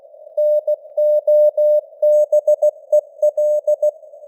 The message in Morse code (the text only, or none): NOBEL